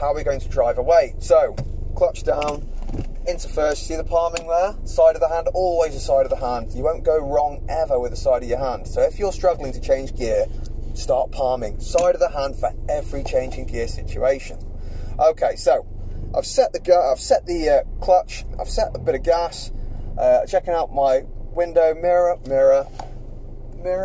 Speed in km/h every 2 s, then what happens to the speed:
0, 0, 0, 0, 0, 0, 0, 0, 0, 0, 0, 0.
0-24 standing.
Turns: none.